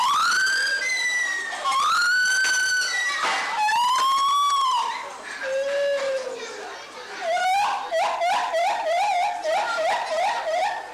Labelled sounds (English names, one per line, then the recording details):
Lar Gibbon
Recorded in captivity
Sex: diverse
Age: diverse
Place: Tiergarten Wilhelma/Stuttgart, Baden-Württemberg, DE
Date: 2004-10-03 16:50
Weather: bedeckt - heiter, 17°C
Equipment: Sony WM-D6C, Sennheiser ME 80, Kopie Uher 4000 Report Monitor
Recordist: Tembrock, Günter
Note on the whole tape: Männchen, Weibchen (fast erwachsenes Jungtier), Kind (hohe Laute): diverse Lautformen, Rufreihen, Duette